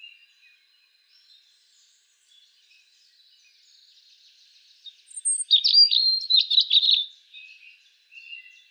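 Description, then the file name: European robin song: after quiet faint notes, a loud two-second phrase of high, rapid, jangling notes, then a few soft thin whistles. "Erithacus rubecula"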